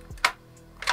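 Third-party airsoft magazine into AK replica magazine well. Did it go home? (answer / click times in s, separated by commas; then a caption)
no / none. A third-party airsoft magazine from a different brand, plastic or metal, is pushed into the magazine well of a Specna Arms Edge SA-J01 AK-74MN replica. A low thud near 0.2 s is followed by sharp plastic-like knocks at about 0.3 s and 0.9 s. The magazine does not go in, and nothing has seated or clicked yet.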